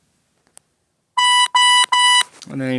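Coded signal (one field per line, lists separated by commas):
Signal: none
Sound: phone notification beeps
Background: speech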